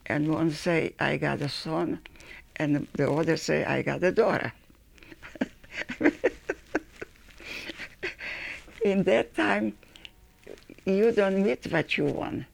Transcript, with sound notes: and one say, "I got a son," and the other say, "I got a daughter." [Laughs] In that time, you don't meet what you want.